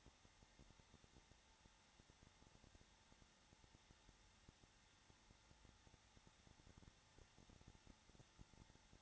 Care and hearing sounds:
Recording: daily activity, microphone in the room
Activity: no activity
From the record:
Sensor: 3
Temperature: 21.3 degrees Celsius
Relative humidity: 33.3%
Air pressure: 994.5 hPa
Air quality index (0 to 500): 168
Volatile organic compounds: 3 ppm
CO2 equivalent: 1457 ppm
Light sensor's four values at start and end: 2/3/2/2 and 2/3/2/2

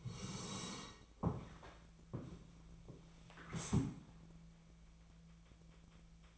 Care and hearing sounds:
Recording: daily activity, microphone in the room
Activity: sit down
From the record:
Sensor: 1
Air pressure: 1000.5 hPa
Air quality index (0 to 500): 176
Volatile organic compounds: 4 ppm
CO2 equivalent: 1634 ppm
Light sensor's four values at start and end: 14/32/13/15 and 13/32/13/15

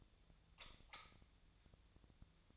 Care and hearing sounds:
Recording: daily activity, microphone in the room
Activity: light off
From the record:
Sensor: 3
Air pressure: 1009.8 hPa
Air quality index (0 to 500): 190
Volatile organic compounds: 14 ppm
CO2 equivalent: 2470 ppm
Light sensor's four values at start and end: 46/119/50/52 and 43/111/47/49

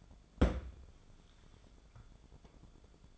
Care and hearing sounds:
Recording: daily activity, microphone in the room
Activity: place on stove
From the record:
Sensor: 5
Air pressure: 1010.5 hPa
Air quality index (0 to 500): 111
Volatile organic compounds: 2 ppm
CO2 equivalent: 1089 ppm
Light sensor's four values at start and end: 672/1647/697/827 and 533/1359/563/648

